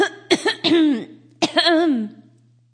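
Two clusters of short, sharp coughs, each ending in a drawn-out voiced, groaning tail, about four cough bursts in under three seconds. An acted adult female coughing as if sick, with a steady low hum underneath.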